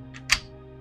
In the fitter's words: Push till it clicks,